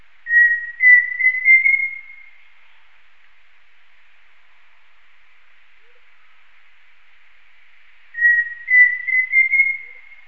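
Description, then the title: Pheasant cuckoo whistled call: a short phrase of several clear notes stepping upward, heard twice about eight seconds apart over quiet background. "LuckyPassaro Completos2Sama. Pheasant Cuckoo (Dromococcyx phasianellus)"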